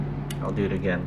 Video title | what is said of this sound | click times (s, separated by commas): RC Transport Roller Build | into here and you hear that click | 0.3 s